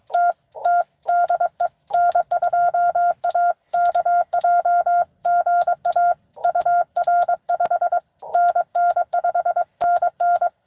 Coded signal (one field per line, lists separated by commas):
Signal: Morse code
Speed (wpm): 22 wpm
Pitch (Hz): 690 Hz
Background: none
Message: TT DE N2AKJ GA UR 5NN 5NN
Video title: N2AKJ is live! doing pota at us-2114 #pota #cw #n2akj